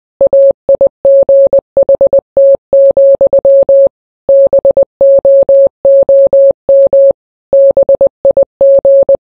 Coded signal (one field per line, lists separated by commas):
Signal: Morse code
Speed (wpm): 20 wpm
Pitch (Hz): 550 Hz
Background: none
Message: AIGHT, BOOM BIG